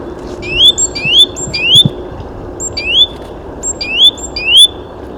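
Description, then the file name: Great tit giving loud, clear notes: quick high notes and sharp rising slurs in short bursts separated by brief pauses, with faint low rumble behind. "Parus major"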